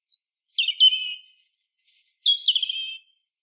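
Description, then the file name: European robin singing a liquid phrase of sliding notes and high thin whistles, finishing with a lower warbled trill. "Erithacus rubecula"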